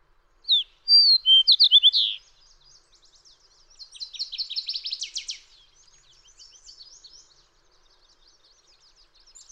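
Fox sparrow song: a sweet whistled phrase near the start with bending notes, then softer rapid chattering and trilling.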